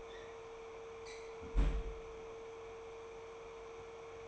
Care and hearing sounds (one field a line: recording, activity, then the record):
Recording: daily activity, microphone in the room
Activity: close fridge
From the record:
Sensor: 1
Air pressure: 1015.0 hPa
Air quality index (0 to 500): 194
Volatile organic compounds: 22 ppm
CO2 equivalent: 2746 ppm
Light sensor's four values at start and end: 31/78/33/40 and 31/78/33/40